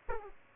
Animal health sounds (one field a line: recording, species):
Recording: mosquito wingbeat signal from an infrared sensor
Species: Aedes aegypti